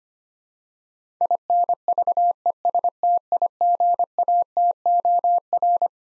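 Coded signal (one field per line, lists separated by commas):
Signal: Morse code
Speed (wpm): 25 wpm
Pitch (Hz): 700 Hz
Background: none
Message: INVESTIGATOR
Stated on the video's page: Morse head-copy drill of twelve-letter words at 25 wpm; each word sent, spoken, then sent again.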